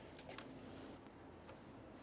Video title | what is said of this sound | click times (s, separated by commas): How to Replace Variable Valve Timing Solenoid 2012-2020 Chevrolet Sonic | push it straight in you'll feel it click into place | 0.4 s